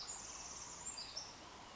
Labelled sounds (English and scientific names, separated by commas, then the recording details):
Western Flycatcher (Empidonax difficilis)
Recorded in Sonoma County, California